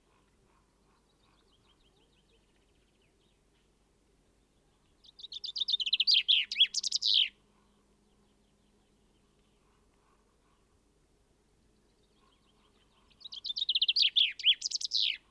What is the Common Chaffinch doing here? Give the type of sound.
song